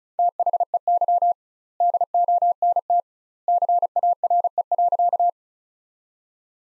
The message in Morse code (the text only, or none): THEY DONT CARE.